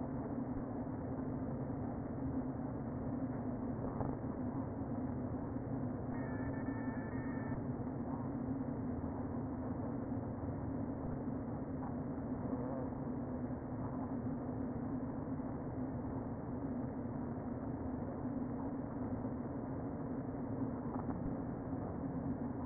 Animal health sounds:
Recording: honeybee colony, microphone inside the hive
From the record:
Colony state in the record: queen present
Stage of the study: before two queens were removed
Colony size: about 60,000 bees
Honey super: yes

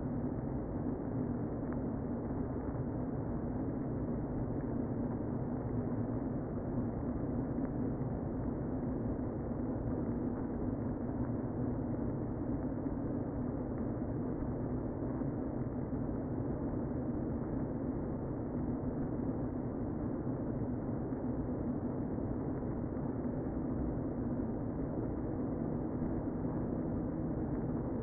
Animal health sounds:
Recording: honeybee colony, microphone inside the hive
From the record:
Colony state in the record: queen present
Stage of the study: before two queens were removed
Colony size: about 60,000 bees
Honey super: yes

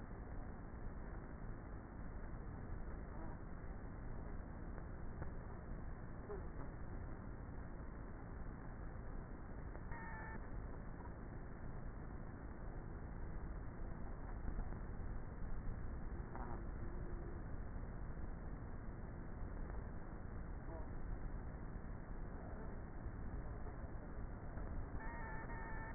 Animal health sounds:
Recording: honeybee colony, microphone inside the hive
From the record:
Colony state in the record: queenless with a low population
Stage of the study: before two queens were removed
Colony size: about 30,000 bees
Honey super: no

